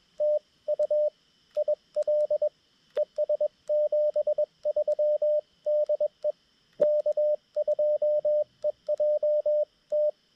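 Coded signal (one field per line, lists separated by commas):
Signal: Morse code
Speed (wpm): 21 wpm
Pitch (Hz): 600 Hz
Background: radio noise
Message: TU IL ES 73 DE K2EJT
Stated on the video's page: CW POTA park activation on 20m sent with a new BaMaTech TP-III key and Xiegu G90; propagation fantastic, operator uncomfortable with the new key.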